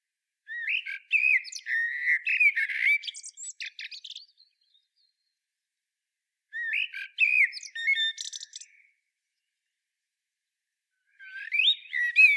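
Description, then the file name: Common blackbird giving three rich, fluting song phrases with scratchy high twittering, the last cut off at the end, with roughly two-second gaps between them. "Turdus merula"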